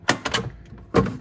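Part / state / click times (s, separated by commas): water filter cartridge from refrigerator filter base / released / 0.1 s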